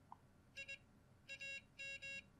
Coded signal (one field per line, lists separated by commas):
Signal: Morse code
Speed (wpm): 20 wpm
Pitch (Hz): 3300 Hz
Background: none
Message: I AM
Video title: CW Practice Software | Perfect CW!